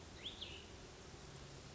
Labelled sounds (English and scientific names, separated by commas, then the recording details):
Cassin's Vireo (Vireo cassinii)
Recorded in Sonoma County, California